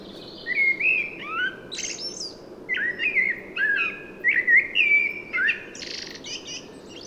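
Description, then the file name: Common blackbird delivering song, fluty whistled notes interspersed with sharp, high squeaky twitters, in several phrases, with faint background hiss. "Turdus merula"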